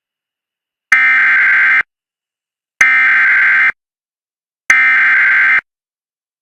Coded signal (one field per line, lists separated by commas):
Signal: Emergency Alert System (SAME) tones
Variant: header bursts